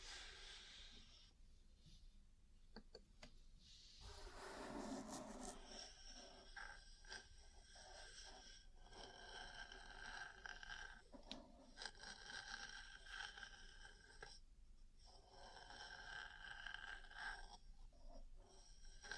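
Ear cleaning and massage sounds: a continuous rubbing and scratching texture with soft, irregular clicks and taps scattered throughout. Around the fourth to sixth second a louder, muffled rustling swells, then the steady scraping resumes with brief gaps and occasional sharper ticks.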